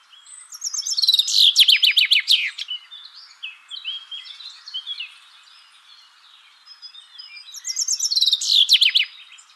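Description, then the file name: Common chaffinch song: two bright, descending rattling phrases ending in a flourish, the second several seconds after the first, with softer chirps between. "Fringilla coelebs"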